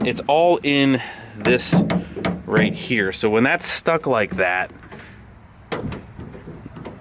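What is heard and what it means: Someone talks about the stuck latch mechanism on a pickup truck tailgate that fails to catch when the tailgate is closed, which gives a hollow banging sound. Their speech fills most of the clip, followed by quieter noise and a brief sharp sound at about 6.8 seconds. Nothing has latched yet.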